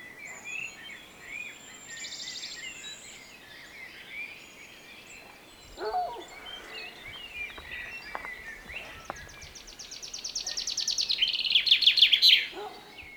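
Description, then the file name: Common chaffinch song late: repeated bright notes that quicken into a trill with a terminal flourish, after thin whistles, chirps and a few clicks. Recorded 24 August 2024. "Fringilla coelebs 240824"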